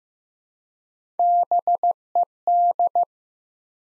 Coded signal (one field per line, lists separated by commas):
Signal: Morse code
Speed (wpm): 15 wpm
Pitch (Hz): 700 Hz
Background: none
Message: BED